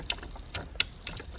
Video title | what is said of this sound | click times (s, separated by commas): THE 1 SERIES GETS APPLE CAR PLAY AND BACKUP CAMERA! (FULL INSTAL!) | should click in like that very nicely | 0.8 s